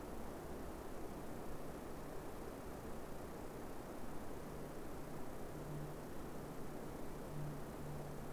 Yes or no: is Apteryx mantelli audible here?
no